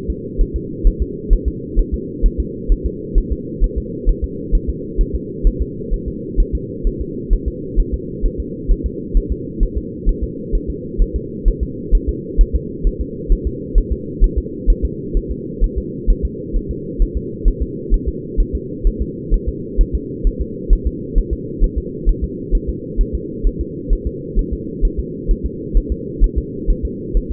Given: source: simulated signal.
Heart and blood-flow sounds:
fetal heart sounds
0.10 s: S2
0.41 s: S1
0.56 s: S2
0.87 s: S1
1.02 s: S2
1.33 s: S1
1.48 s: S2
1.79 s: S1
1.94 s: S2
2.26 s: S1
2.40 s: S2
2.72 s: S1
2.86 s: S2
3.18 s: S1
3.32 s: S2
3.64 s: S1
3.78 s: S2
4.09 s: S1
4.24 s: S2
4.55 s: S1
4.70 s: S2
5.01 s: S1
5.15 s: S2
5.47 s: S1
5.62 s: S2
5.94 s: S1
6.08 s: S2
6.40 s: S1
6.55 s: S2
6.87 s: S1
7.02 s: S2
7.33 s: S1
7.48 s: S2
7.80 s: S1
7.94 s: S2
8.26 s: S1
8.40 s: S2
8.71 s: S1
8.86 s: S2
9.17 s: S1
9.32 s: S2
9.63 s: S1
9.78 s: S2
10.09 s: S1
10.24 s: S2
10.55 s: S1
10.70 s: S2
11.02 s: S1
11.16 s: S2
11.48 s: S1
11.63 s: S2
11.95 s: S1
12.09 s: S2
12.41 s: S1
12.56 s: S2
12.87 s: S1
13.01 s: S2
13.32 s: S1
13.47 s: S2
13.78 s: S1
13.92 s: S2
14.24 s: S1
14.38 s: S2
14.70 s: S1
14.85 s: S2
15.17 s: S1
15.32 s: S2
15.64 s: S1
15.78 s: S2
16.10 s: S1
16.25 s: S2
16.57 s: S1
16.71 s: S2
17.02 s: S1
17.17 s: S2
17.48 s: S1
17.63 s: S2
17.94 s: S1
18.09 s: S2
18.40 s: S1
18.55 s: S2
18.87 s: S1
19.02 s: S2
19.34 s: S1
19.49 s: S2
19.81 s: S1
19.95 s: S2
20.27 s: S1
20.41 s: S2
20.73 s: S1
20.87 s: S2
21.18 s: S1
21.33 s: S2
21.64 s: S1
21.78 s: S2
22.09 s: S1
22.24 s: S2
22.55 s: S1
22.69 s: S2
23.01 s: S1
23.15 s: S2
23.47 s: S1
23.61 s: S2
23.93 s: S1
24.07 s: S2
24.39 s: S1
24.53 s: S2
24.85 s: S1
25.00 s: S2
25.31 s: S1
25.46 s: S2
25.77 s: S1
25.92 s: S2
26.24 s: S1
26.38 s: S2
26.70 s: S1
26.85 s: S2
27.17 s: S1
27.32 s: S2
From the record:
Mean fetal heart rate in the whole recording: 130 bpm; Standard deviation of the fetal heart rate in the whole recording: 2 bpm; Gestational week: 38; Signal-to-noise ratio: -4.1 dB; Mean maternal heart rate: no maternal heart sound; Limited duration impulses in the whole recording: absent

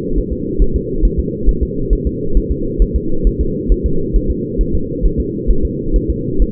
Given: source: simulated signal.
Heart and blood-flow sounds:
fetal heart sounds
0.18 s: S1
0.33 s: S2
0.62 s: S1
0.76 s: S2
1.05 s: S1
1.19 s: S2
1.49 s: S1
1.63 s: S2
1.93 s: S1
2.07 s: S2
2.37 s: S1
2.51 s: S2
2.82 s: S1
2.96 s: S2
3.27 s: S1
3.41 s: S2
3.72 s: S1
3.86 s: S2
4.16 s: S1
4.31 s: S2
4.61 s: S1
4.75 s: S2
5.05 s: S1
5.20 s: S2
5.51 s: S1
5.65 s: S2
5.96 s: S1
6.10 s: S2
6.42 s: S1
From the record:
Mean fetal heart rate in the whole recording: 135 bpm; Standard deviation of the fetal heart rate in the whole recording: 3 bpm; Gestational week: 36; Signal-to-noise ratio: -8.1 dB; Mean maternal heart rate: 72 bpm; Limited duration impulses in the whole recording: absent

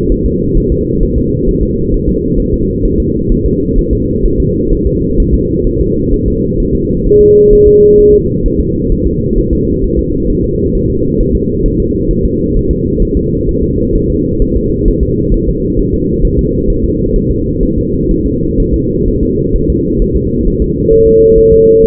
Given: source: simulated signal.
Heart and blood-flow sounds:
fetal heart sounds
0.12 s: S1
0.26 s: S2
0.58 s: S1
0.72 s: S2
1.03 s: S1
1.18 s: S2
1.49 s: S1
1.63 s: S2
1.94 s: S1
2.09 s: S2
2.40 s: S1
2.54 s: S2
2.86 s: S1
3.00 s: S2
3.32 s: S1
3.46 s: S2
3.78 s: S1
3.93 s: S2
4.26 s: S1
4.40 s: S2
4.73 s: S1
4.87 s: S2
5.20 s: S1
5.34 s: S2
5.67 s: S1
5.81 s: S2
6.14 s: S1
6.28 s: S2
6.60 s: S1
6.75 s: S2
7.06 s: S1
7.21 s: S2
7.53 s: S1
7.67 s: S2
7.99 s: S1
8.14 s: S2
8.46 s: S1
8.60 s: S2
8.92 s: S1
9.07 s: S2
9.38 s: S1
9.53 s: S2
9.84 s: S1
9.99 s: S2
10.30 s: S1
10.44 s: S2
10.75 s: S1
10.90 s: S2
11.20 s: S1
11.35 s: S2
11.66 s: S1
11.80 s: S2
12.11 s: S1
12.26 s: S2
12.57 s: S1
12.71 s: S2
13.02 s: S1
13.17 s: S2
13.49 s: S1
13.63 s: S2
13.95 s: S1
14.10 s: S2
14.42 s: S1
14.56 s: S2
14.88 s: S1
15.03 s: S2
15.34 s: S1
15.49 s: S2
15.80 s: S1
15.94 s: S2
16.25 s: S1
16.39 s: S2
16.70 s: S1
16.85 s: S2
17.16 s: S1
17.30 s: S2
17.63 s: S1
17.78 s: S2
18.11 s: S1
18.26 s: S2
18.60 s: S1
18.74 s: S2
19.08 s: S1
19.23 s: S2
19.56 s: S1
19.70 s: S2
20.02 s: S1
20.17 s: S2
20.47 s: S1
20.62 s: S2
20.93 s: S1
21.07 s: S2
21.38 s: S1
21.53 s: S2
21.84 s: S1
From the record:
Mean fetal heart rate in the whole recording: 130 bpm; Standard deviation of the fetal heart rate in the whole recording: 4 bpm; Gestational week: 38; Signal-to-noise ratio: -10.2 dB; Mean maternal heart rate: 72 bpm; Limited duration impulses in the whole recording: present

